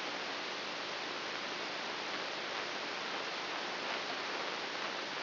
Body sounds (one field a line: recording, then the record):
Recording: brain microelectrode recording played as sound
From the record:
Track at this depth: inside the subthalamic nucleus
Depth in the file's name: 2.004 mm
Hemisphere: right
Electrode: 3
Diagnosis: Parkinson's disease